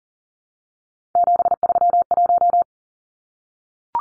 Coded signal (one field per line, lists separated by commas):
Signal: Morse code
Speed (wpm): 40 wpm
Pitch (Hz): 700 Hz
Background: none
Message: 731